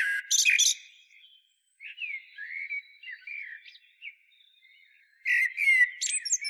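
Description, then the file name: Common blackbird singing a loud mellow whistled burst with high strained notes, followed by quieter rambling warbled phrases, then a bright squeaky flourish at the close. "Turdus merula"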